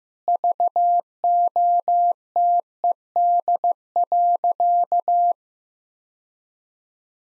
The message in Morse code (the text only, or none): VOTED.